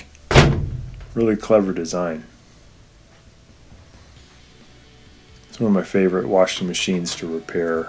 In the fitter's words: they slide in and underneath then you push down real hard until they click really